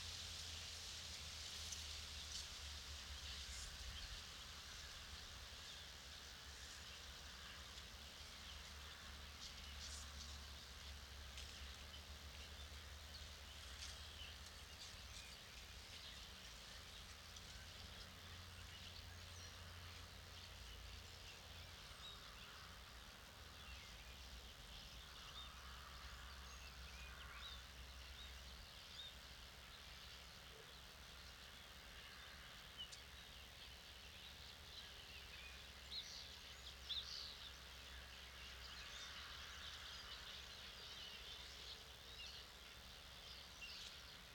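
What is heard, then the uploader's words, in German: An evening in a clay pit, recorded with a dummy head. A steady outdoor hiss fills the upper range, with faint bird or insect calls scattered throughout, while a low hum comes and goes in the background. The level stays even, with a few soft clicks near the end. Eine Kunstkopfaufnahme eines Abends in der Lehmgrube.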